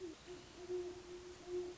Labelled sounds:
Great Horned Owl
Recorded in Sonoma County, California

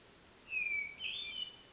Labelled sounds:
Hermit Thrush
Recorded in Sonoma County, California

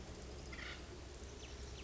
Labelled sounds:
Acorn Woodpecker
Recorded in Sonoma County, California

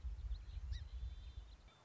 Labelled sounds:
Song Sparrow
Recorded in Sonoma County, California

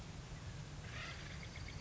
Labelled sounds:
Acorn Woodpecker
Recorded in Sonoma County, California

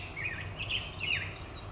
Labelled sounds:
Black-headed Grosbeak
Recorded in Sonoma County, California

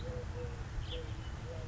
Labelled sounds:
Eurasian Collared Dove
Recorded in Sonoma County, California

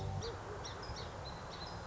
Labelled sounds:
Song Sparrow
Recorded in Sonoma County, California

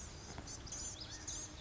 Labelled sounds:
Blue-gray Gnatcatcher
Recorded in Sonoma County, California

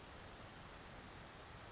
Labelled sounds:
Grasshopper Sparrow
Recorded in Sonoma County, California

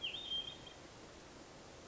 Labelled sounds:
Hermit Thrush
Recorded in Sonoma County, California

